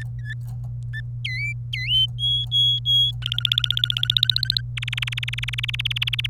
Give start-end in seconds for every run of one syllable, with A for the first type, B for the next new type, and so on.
0.00-0.34 A, 0.93-1.00 A, 1.25-2.06 B, 2.19-3.11 C, 3.22-4.61 D, 4.77-6.26 E